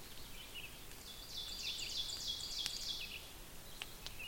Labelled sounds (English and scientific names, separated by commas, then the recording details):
Ovenbird (Seiurus aurocapilla) song
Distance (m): 80 m
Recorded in boreal forest in Alberta, Canada, on 5 June 2016 at 06:22
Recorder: SongMeter 3, array SBT-3-51
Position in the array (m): 214 m, 19 m
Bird 27